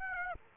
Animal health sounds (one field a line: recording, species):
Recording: mosquito wingbeat signal from an infrared sensor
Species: Aedes aegypti